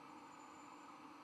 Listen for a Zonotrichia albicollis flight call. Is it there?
no